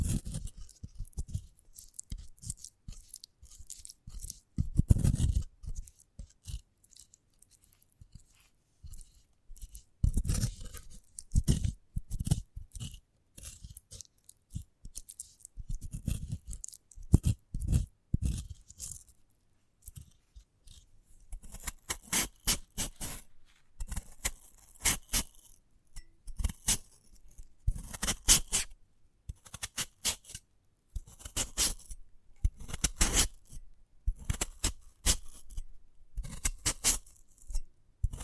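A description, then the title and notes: A sprouted coconut is handled for ASMR, producing a steady run of crisp taps, clicks and light scrapes. The sounds come in irregular clusters, with a few heavier knocks near 5, 10 and 17 seconds, and grow busier and more rapid after about 21 seconds. ASMR of a Sprouted Coconut (No Talking).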